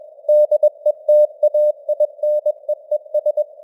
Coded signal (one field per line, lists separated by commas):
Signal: Morse code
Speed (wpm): 21 wpm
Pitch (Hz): 600 Hz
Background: none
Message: DETAINEES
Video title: Morse Code News | 2025-12-15 | 21wpm